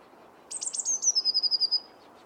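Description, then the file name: Eurasian blue tit sings one phrase of three or four piercing high notes running into a quick, evenly repeated trill that drifts gently downward. "Cyanistes caeruleus"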